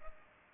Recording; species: mosquito wingbeat signal from an infrared sensor; Culex pipiens